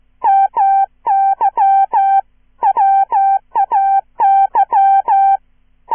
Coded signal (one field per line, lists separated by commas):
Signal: Morse code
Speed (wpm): 15 wpm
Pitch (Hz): 780 Hz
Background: none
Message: MY WAY